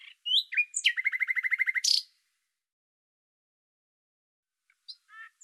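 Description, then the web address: Bird song: quick slurred whistles followed by a fast, even trill of about a dozen notes, then silence and a few faint notes. "Deverinetal 2025"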